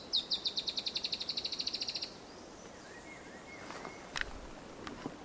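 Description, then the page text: Dusky-tailed Antbird singing a quick series of many high, clipped notes lasting about two seconds, followed by faint thin whistles and light clicks. Adult male, wild, recorded 10 July 2015 in Misiones, Argentina. "Tiluchi Estriado (Drymophila malura). Diego Oscar"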